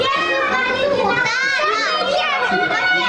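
Young children play energetically, a dense, continuous jumble of high-pitched shouts, squeals and chatter overlapping throughout, steady and loud with no pauses.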